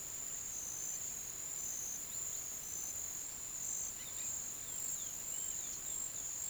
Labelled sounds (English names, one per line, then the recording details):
none
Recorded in pastures near Puerto Asís, Putumayo, Colombia, on 30 June 2025 at 10:00
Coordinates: 0.486, -76.323
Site H29